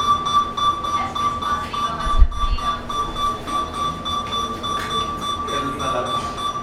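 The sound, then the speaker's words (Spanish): An alarm sounds continuously, a steady high electronic tone with piercing overtones that holds unbroken for several seconds over a dense, rumbling background of murmur and noise. “¿Qué es una alarma? ¿Ven? ¿Qué es una alarma?”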